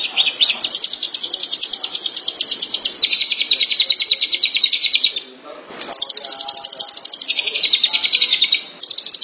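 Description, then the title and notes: Long-tailed Shrike song, dense buzzy trills shifting between two pitch levels, broken by one short pause. Recorded March 2017. "Pentet 201703. Suara burung pentet"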